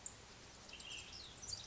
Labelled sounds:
Ash-throated Flycatcher

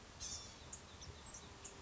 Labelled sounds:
Blue-gray Gnatcatcher

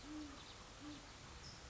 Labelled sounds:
Great Horned Owl

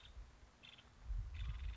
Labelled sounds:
Nuttall's Woodpecker

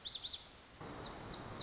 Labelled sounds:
Lazuli Bunting

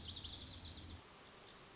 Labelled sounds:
Lazuli Bunting

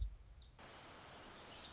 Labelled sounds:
Black-throated Gray Warbler

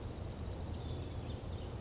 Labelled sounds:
Western Flycatcher

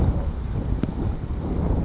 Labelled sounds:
California Towhee

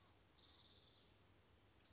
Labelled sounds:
Spotted Towhee

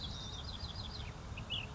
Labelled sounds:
Ash-throated Flycatcher

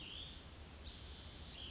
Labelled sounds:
Cassin's Vireo

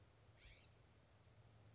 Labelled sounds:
California Scrub-Jay

